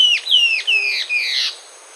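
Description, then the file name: Bird call made of four rapid down-slurred whistles, each starting high and dropping quickly, the last one buzzier, then quiet. "SABIOD bird"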